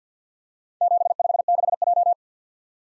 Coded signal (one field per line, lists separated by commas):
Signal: Morse code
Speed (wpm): 50 wpm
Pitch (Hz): 700 Hz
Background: none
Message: 756J